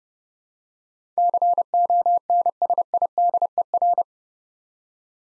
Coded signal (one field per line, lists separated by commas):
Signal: Morse code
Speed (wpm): 29 wpm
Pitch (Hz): 700 Hz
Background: none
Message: CONSIDER